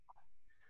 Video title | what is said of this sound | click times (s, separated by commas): Repair Café TV 15 July 2020 • Cracking the Case with Tom | have a good feel for this but you're going to basically twist it till you hear a pop | 0.1 s